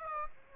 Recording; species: mosquito wingbeat signal from an infrared sensor; Aedes aegypti